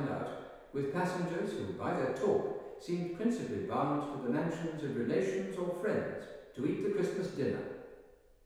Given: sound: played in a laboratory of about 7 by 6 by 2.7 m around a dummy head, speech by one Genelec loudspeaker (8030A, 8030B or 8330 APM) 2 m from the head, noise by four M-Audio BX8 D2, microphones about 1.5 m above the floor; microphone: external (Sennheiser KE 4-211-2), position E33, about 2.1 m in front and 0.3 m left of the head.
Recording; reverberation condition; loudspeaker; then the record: male speech in English; high; 90 degrees to the left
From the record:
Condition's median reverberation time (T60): about 1300 ms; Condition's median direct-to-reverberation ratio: about -4.0 dB